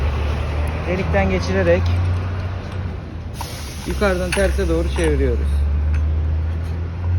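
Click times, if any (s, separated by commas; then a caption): none. Someone talks while fitting the shaft into the YOKATTA brush cutter housing, passing the side fixing screw through and turning it from above, over a steady low hum and background noise with a brief louder burst at 3.4 s. The part is only handled here; nothing has seated or clicked yet.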